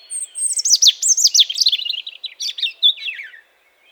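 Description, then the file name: European robin phrase: a cascade of very high, sharp, wavering notes tumbling steadily downward over about three seconds, then silence. "Erithacus rubecula"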